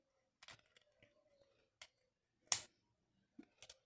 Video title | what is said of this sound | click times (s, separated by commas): Transformer petit casier pour la fête des mamans | Là, quand vous avez entendu le clic, c'est que votre outil est prêt. | 2.5 s